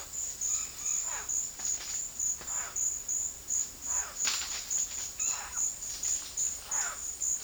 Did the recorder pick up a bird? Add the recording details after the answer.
yes. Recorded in dense forest near Puerto Asís, Putumayo, Colombia, on 18 February 2024 at 16:30. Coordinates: 0.481, -76.318. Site G6421